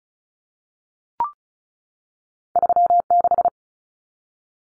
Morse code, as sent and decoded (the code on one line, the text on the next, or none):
...-- -....
36